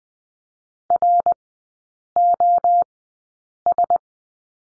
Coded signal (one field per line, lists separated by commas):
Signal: Morse code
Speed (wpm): 20 wpm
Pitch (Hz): 700 Hz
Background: none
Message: ROS